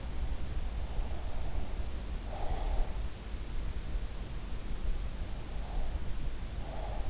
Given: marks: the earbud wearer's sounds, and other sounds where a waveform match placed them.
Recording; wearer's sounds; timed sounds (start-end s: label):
sounds in sleep by an in-ear microphone; breath
0.89-2.94 s: breath
5.30-7.09 s: breath